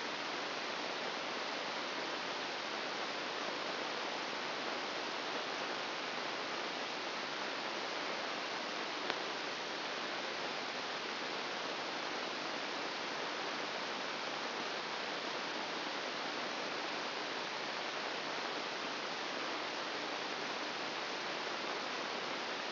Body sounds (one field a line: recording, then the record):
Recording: brain microelectrode recording played as sound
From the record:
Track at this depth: inside the subthalamic nucleus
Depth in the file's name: 0.609 mm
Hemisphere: right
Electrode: 2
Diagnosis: Parkinson's disease